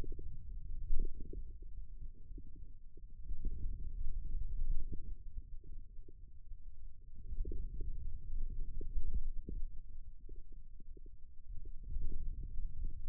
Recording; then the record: forearm muscle sounds (acoustic myography)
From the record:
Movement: finger pinch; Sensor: system 2, bracelet of six BSWA MPA416 microphones around the upper forearm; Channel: 4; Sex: male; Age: 22 years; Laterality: right